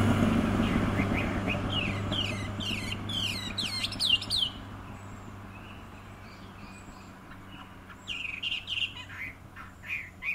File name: Garrulax canorus